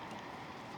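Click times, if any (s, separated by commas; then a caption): none. A Lectron vehicle-to-load (V2L) adapter is handled at the charge port of a Hyundai Ioniq 5 as it is about to be pushed in. Only a steady, even background noise is heard, with no distinct impacts. Nothing has seated or clicked yet.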